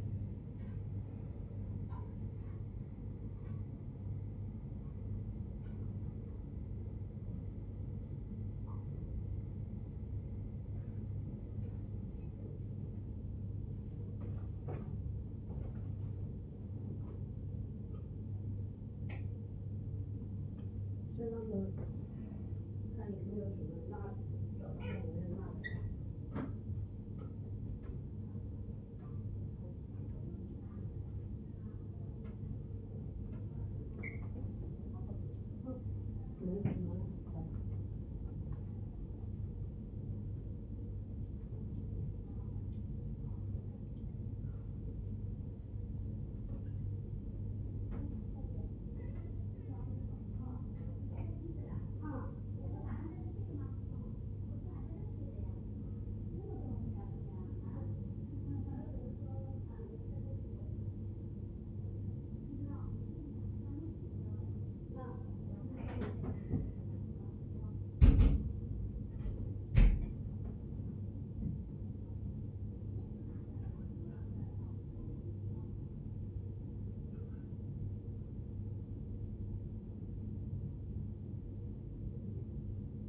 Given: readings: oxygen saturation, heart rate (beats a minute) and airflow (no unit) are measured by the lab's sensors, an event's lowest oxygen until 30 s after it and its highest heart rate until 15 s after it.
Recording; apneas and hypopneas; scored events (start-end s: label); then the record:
a person awake in a sleep study, by a smartphone at the bedside; none
0.00-83.09 s: awake
0.00-83.09 s: awake
From the record:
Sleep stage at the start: awake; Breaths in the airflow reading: 30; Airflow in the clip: -0.7 to 0.7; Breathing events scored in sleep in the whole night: 103 in 8.4 hours asleep